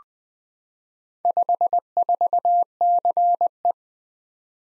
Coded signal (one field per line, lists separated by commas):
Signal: Morse code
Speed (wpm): 20 wpm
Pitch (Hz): 700 Hz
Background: none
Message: 54CE